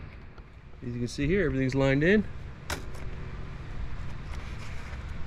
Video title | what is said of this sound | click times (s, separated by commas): 2016+ Camaro ZL1 Roto-Fab Cold Air Intake Install onto Das Nasty! | And there we go, it's locked into place. | 2.7 s